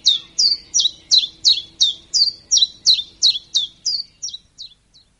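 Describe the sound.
Common chiffchaff song of clipped, high downslurred notes repeated rapidly and evenly, growing weaker and fading out in the final second.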